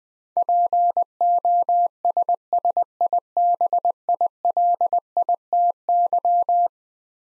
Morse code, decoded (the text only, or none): POSSIBILITY